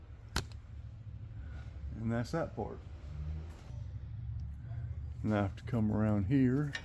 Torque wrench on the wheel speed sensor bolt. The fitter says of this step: And then we'll tighten it down until we get a nice solid click on our torque wrench.